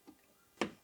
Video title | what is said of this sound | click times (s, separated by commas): Protejeaza casa impotriva socurilor de curent - Protectie pentru tensiune | super a intrat la fix | 0.6 s